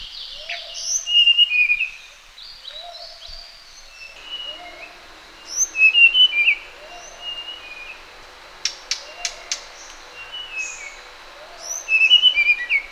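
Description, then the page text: Sulawesi blue flycatcher song: several bursts of high warbled notes with lower whistled notes between, and a few sharp clicks midway. "Sulawesi Blue Flycatcher Song. Quick Sounds"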